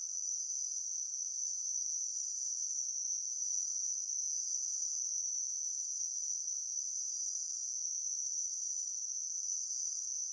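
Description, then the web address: Insect chirping as an unbroken, very high-pitched shrill tone, holding steady with no pauses or pulses throughout. "Blastwave ANIMALS Insects High Pitch. insects high pitch chirping"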